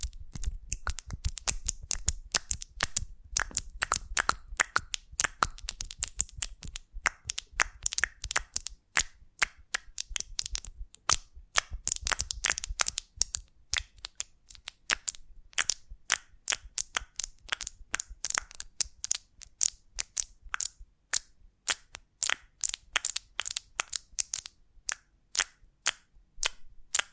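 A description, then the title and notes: Honeycomb on a branch being handled, giving a steady run of sharp, dry crackles and crunches. The snaps come fast and dense, busiest in the first half, then thin slightly into more separated clicks toward the end, with a faint low rumble beneath. ASMR of a Honeycomb on Branch (No Talking).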